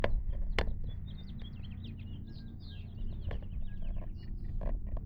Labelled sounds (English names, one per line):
House Finch song